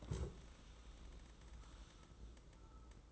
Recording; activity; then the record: daily activity, microphone in the room; stand up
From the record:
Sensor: 3